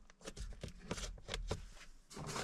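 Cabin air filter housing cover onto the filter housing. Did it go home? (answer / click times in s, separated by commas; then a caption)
no / none. The plastic cabin air filter housing cover of a 2019 VW Golf Mk7.5 is lined up and handled against the filter housing, with short scraping and tapping plastic handling noises and a sharper tap near 1.3 s. The cover is not yet home, and nothing has clicked into place.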